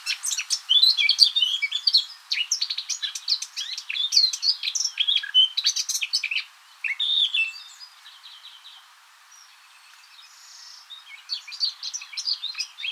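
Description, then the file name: Eurasian blackcap singing a fast, scratchy, high warble for about seven seconds, a quiet pause, then the warbling starts again near the end. "Sylvia atricapilla"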